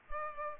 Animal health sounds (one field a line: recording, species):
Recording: mosquito wingbeat signal from an infrared sensor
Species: Culex pipiens